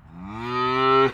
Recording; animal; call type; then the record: contact call of a hoofed animal; cattle; low-frequency (closed-mouth) or high-frequency (open-mouth) call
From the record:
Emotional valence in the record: negative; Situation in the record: full separation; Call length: 1.14 s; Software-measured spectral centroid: 1630 Hz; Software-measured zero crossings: 1870 a second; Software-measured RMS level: -22 dBFS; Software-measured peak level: -8 dBFS